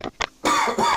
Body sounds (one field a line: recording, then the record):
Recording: coughing mixed with background sound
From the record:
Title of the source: Spring Cold Coughing 2